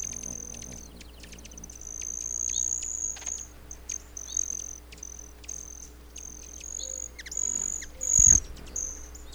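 Broad-tailed hummingbird giving high, metallic buzzing trills in bursts, with sharp chips between and a low steady hum underneath.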